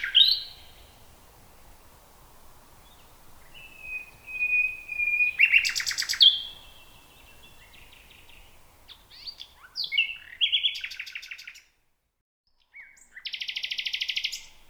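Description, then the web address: Common nightingale song with a sustained whistle, sharp loud notes, then varied phrases and a rapid buzzing trill after a short silence. "nachtegaal luscinia megarhynchos"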